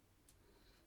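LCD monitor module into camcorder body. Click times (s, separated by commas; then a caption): 0.3 s. The flip-out LCD monitor module of a Zoom Q4 Handycam camcorder is slid along its grooves into the plastic camcorder body. A short, bright click sounds at 0.3 s over a quiet, low background hum. The screen seats and clicks home.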